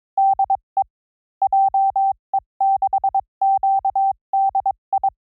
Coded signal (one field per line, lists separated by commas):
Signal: Morse code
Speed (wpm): 22 wpm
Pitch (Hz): 780 Hz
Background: none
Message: DE JE6QDI